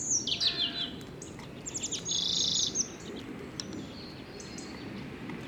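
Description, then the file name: European robin singing thin, high whistled phrases with quick trills, one short burst then a longer sustained warble, over a low steady background rumble. "Erithacus rubecula"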